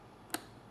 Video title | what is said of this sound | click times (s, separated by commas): Vacmaster VK1330PWR — 3-in-1 Wet & Dry Vacuum + Carpet Shampooer UNBOXING and setup | You hear a nice satisfying click and you know you're in. | 0.3 s